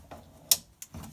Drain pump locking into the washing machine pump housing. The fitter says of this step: clicks back into place once we're there